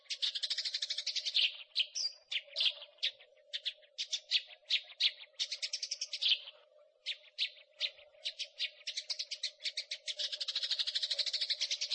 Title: burung gereja